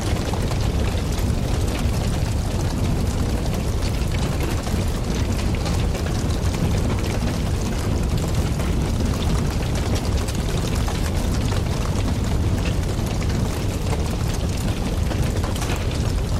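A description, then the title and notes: A crackling fire roars steadily with a deep, dense rumble, while thin, quick pops and snaps of burning logs scatter throughout. Crackling Fire: Cozy Ambience for Deep Relaxation. The comforting sounds of the logs popping and crackling.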